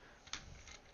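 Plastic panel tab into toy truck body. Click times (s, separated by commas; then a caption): 0.3 s. A plastic panel on a Transformers Studio Series Deluxe Class Hatchet (DOTM) toy is folded up and carefully squeezed so its tab snaps into the toy truck body during transformation to truck mode. A short, sharp tick at 0.3 s marks the tab seating, with fainter handling sounds just before it and around 0.7 s. The tab is seated, though the seating may not be complete.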